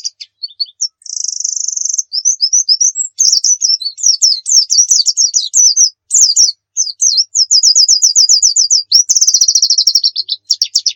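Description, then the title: White-eye song: long high-pitched chattering warble with fast trills and a buzzy rattling series, running almost continuously. Singing white-eye, described as a gacor (persistently singing) bird; a masteran training recording for teaching pet songbirds to sing. "Pleci Muria Gacor"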